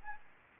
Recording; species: mosquito wingbeat signal from an infrared sensor; Anopheles arabiensis